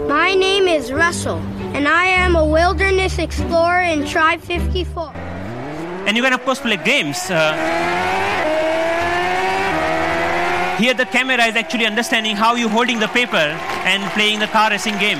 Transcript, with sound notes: My name is Russell, and I am a Wilderness Explorer in Tribe 54." And you can of course play games. (Car engine) Here, the camera is actually understanding how you're holding the paper and playing a car-racing game.